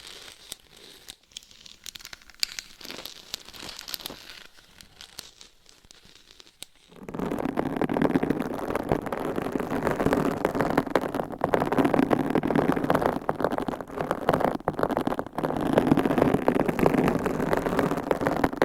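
Tapping and scratching on a microphone, starting sparse and quiet with scattered light taps for the first seven seconds. Then a dense, continuous scratching begins and stays loud and busy to the end, with rapid crinkly texture and small surges.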